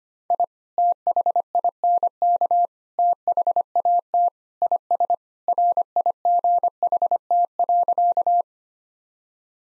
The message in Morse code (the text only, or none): I THINK THAT IS RIGHT.